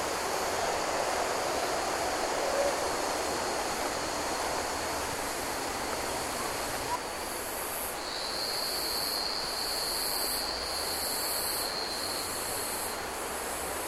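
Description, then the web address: Insects buzzing in a dense chorus, with a steady high whine that grows stronger partway through and pulsing very high buzzes over a continuous hiss. Insects in Queensland rainforest ambience. "Sound Effects-Foundation 1 AMBIENCE QUEENSLAND RAINFOREST INSECTS"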